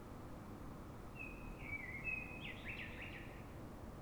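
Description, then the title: Common blackbird song: a smooth whistled phrase that slides in pitch, then ends in a brief higher, scratchy twitter, set against constant low-pitched background noise. Singing urban blackbird in Fuenlabrada, Madrid, Spain, before dawn, described as a call-type sound; recorded with a handheld digital recorder. "Pl. de Francisco Escolar, 10, Fuenlabrada, Madrid, España - Sonido Reclamo de Mirlo"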